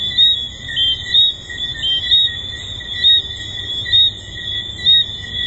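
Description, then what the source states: Tree frog chorus, loud high chirps at roughly one-second intervals with a steady piercing drone behind them. Tree frogs recorded at Hedonism II resort.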